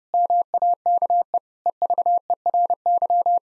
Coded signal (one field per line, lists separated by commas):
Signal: Morse code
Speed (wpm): 30 wpm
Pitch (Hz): 700 Hz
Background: none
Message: MAKE EVERY